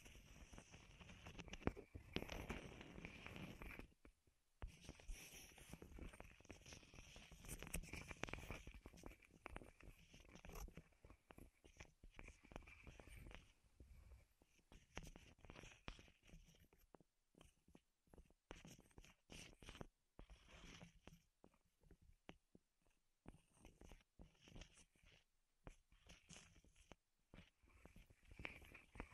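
Wood triggers tap, scrape and rustle in dense irregular bursts, heaviest in the first fifteen seconds, with brief silent gaps near four and twenty seconds.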